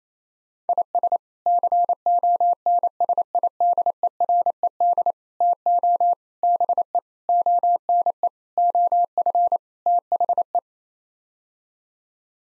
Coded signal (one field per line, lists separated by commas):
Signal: Morse code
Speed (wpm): 28 wpm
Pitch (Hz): 700 Hz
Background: none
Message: IS CONSIDERED TO BE ONE OF THE